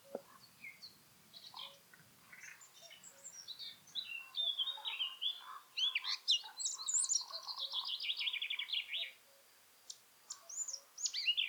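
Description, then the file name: Eurasian blackcap song: scratchy, varied chattering notes, then a loud rich warble of fluty descending phrases for about three seconds, followed by a few short high notes. "Sylvia atricapilla"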